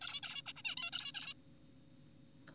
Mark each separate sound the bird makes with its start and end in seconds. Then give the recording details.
0.02-0.21, 0.23-0.42, 0.47-0.53, 0.56-0.62, 0.65-0.76, 0.77-0.91, 0.93-1.12, 1.15-1.34. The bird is an adult. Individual g4p5U